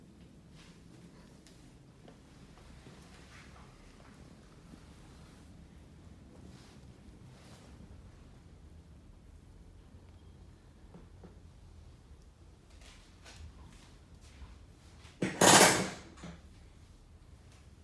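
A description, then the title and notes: Quiet, steady low hum from a men's shave and Turkish massage session, with faint scattered taps and rustles throughout. Near the fifteen-second mark a sudden loud, sharp burst cuts through for about a second, then fades back to the soft background. Men's shave & Turkish massage.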